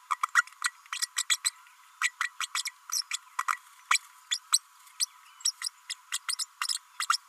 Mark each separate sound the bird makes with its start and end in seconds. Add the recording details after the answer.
0.10-0.17, 0.34-0.43, 0.64-0.72, 0.92-0.99, 1.16-1.24, 1.29-1.37, 1.44-1.50, 2.01-2.10, 2.20-2.30, 2.40-2.46, 2.54-2.62, 2.92-3.02, 3.11-3.18, 3.39-3.44, 3.48-3.57, 3.90-3.98, 4.31-4.38, 4.52-4.60, 5.00-5.05, 5.62-5.69, 5.89-5.94, 6.12-6.18, 6.28-6.36, 6.39-6.46, 6.61-6.67, 7.09-7.17. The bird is a female. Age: 32 days. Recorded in a nest box in Venezuela. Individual 17B32A5